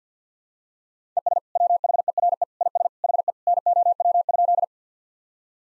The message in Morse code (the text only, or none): ES WHERE IS HE NOW?